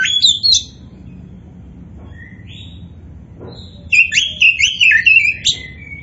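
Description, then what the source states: Oriental magpie-robin giving a short whistle, soft scattered notes, then a lively burst of rapid varied whistles and chatter. Kacer poci variety, described as gacor, meaning singing prolifically.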